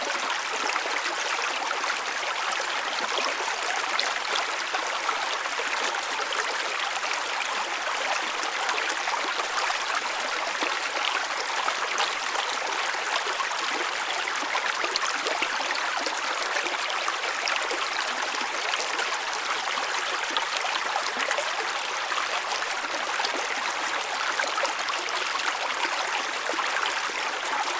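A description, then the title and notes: A babbling brook trickles steadily and densely, a bright splashing with tiny flickers throughout and no deep tones. Trickling flow of water. Babbling Brook: Stream Sound.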